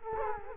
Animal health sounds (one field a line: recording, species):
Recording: mosquito wingbeat signal from an infrared sensor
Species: Culex quinquefasciatus